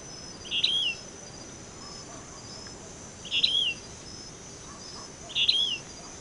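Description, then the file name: Yellow-bellied elaenia calls: a short burry downslurred note repeated three times, a few seconds apart, over a steady high hiss. Recorded on 26 May 2011. "20110526"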